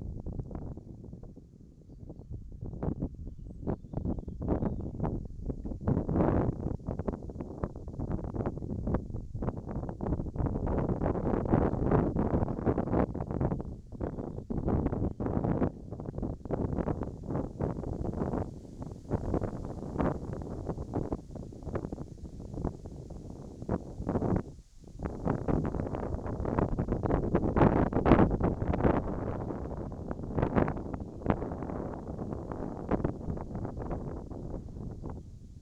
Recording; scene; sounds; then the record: everyday scene through a hearing-aid microphone; wind on the microphone; wind, whistling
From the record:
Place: in front of a rural house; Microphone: in the ear canal, right